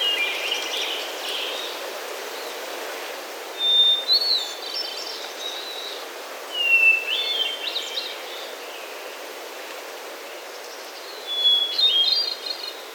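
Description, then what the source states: Hermit Thrush song: the end of one phrase, then three phrases several seconds apart, each starting with a pure sustained whistle on a different pitch, then an ethereal fluty tumble of notes. Singing in the shade of mature conifers high in the Sierra Nevada of Central California, recorded while hiking.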